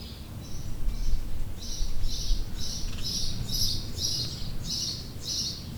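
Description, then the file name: House sparrow chirping: a steady run of short chirps over low rumbling background noise. Recorded in 2008. "Haussperling 2008"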